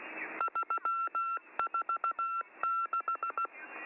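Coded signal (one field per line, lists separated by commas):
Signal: Morse code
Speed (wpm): 16 wpm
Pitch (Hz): 1350 Hz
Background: none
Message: 346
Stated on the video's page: M14 number station, MCW on 5947 kHz, training schedule.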